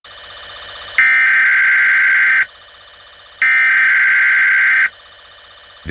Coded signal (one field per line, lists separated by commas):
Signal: Emergency Alert System (SAME) tones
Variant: header bursts